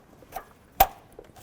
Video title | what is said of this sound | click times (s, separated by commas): How to Replace Intake Manifold 1998-2012 Ford Crown Victoria | Give it a tug. You have to tug this after you click it in. That feels great. | 0.8 s